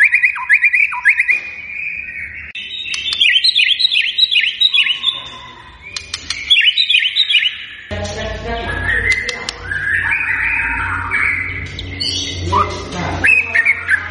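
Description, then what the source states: White-rumped shama singing varied whistled phrases with quick repeated notes and sharp clicks, followed by denser overlapping warbles above a low hum. Lure recording meant to make the bird respond; described as a strongly singing bird.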